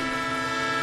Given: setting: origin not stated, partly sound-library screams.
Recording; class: one-second piece from a danger detection set; normal situation